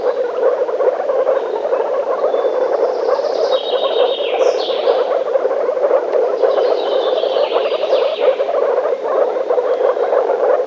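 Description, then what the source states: Frog croaks pour out in a constant rattling chorus, with brief high chirping notes around the middle and again later. Frogs calling in a forest.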